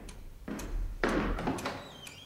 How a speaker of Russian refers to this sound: Ну что ты ломишься? Ведь дверь на замке.